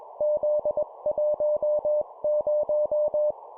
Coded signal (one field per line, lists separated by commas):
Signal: Morse code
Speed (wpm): 20 wpm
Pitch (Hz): 600 Hz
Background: none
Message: Z10